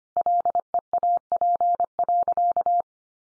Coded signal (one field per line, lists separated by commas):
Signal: Morse code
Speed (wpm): 25 wpm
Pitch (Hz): 700 Hz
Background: none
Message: LEAP.